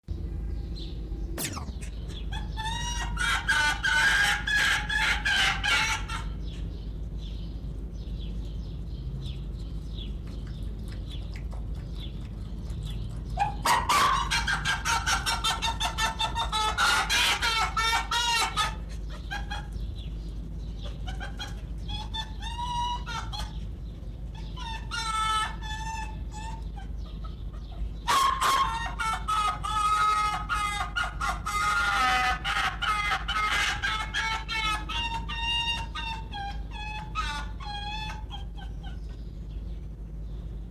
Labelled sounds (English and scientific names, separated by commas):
Arctic Fox (Vulpes lagopus)